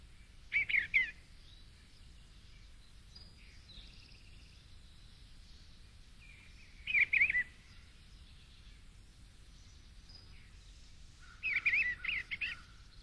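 Eastern bluebird song: short warbled phrases spaced several seconds apart.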